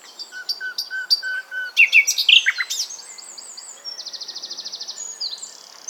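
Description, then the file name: Common nightingale song of varied phrases: short whistled notes, a burst of harsh chattering, then a fast buzzy trill of evenly repeated notes. "Luscinia megarhynchos"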